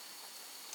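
A cable plug on the wiring of a Motionwise Manager's Desk sit/stand desk is handled and pushed toward its mating control connector during assembly. A steady broadband hiss runs throughout, with one brief sharper sound near 0.7 s. Nothing has seated or clicked yet.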